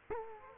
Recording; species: mosquito wingbeat signal from an infrared sensor; Culex quinquefasciatus